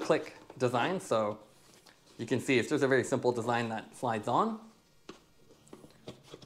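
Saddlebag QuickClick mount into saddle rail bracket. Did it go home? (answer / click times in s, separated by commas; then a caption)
no / none. Someone talks while a saddlebag with a Topeak QuickClick mount is slid onto the plastic Topeak Duo Fixer bracket on the saddle rails, with a few faint, short handling ticks from about 5.1 to 6.4 s. The bag has not yet locked into place, and nothing has seated or clicked yet.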